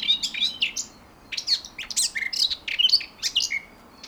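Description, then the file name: Eurasian blackcap song, a brisk jumble of clear whistles and scratchy chirps packed tightly together, with a short lull near the one-second mark before it resumes. "Sylvia atricapilla"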